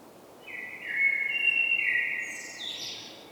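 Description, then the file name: Common blackbird song. A flowing fluted whistle lasts about two seconds, then breaks into a brief, high, scratchy twitter. "Turdus merula"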